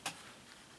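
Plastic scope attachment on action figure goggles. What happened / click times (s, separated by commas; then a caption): A small plastic attachment popped off its mount / 0.1 s. An extended magnifying scope, a small plastic accessory, is popped off the goggles of a Hot Toys Sleepy Hollow Ichabod Crane sixth-scale figure. A single sharp, bright tick sounds at 0.1 s, followed by a faint hiss. The scope comes off, released.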